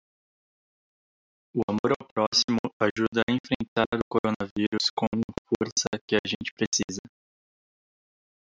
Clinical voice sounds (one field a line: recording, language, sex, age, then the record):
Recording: spoken sentence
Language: Brazilian Portuguese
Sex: male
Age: 20 to 29 years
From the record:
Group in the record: control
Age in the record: 29 years